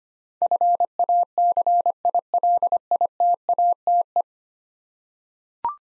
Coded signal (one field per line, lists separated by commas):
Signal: Morse code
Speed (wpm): 25 wpm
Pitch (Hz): 700 Hz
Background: none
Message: FACILITATE